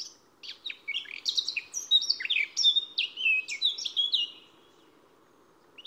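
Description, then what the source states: Eurasian Blackcap song: one warbled strophe that starts with jerky, angular notes and then turns into richer, clearer whistles for about four seconds before stopping. Song phrase starts somewhat angular, then changes and blossoms, ending fluty and almost blackbird-like in fullness.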